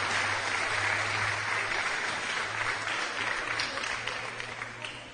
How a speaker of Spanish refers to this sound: Hablando de se van nuestros participantes. Démosles un aplauso, muy bien, ¿eh? ¡Excelente!